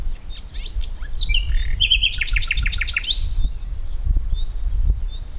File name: Luscinia megarhynchos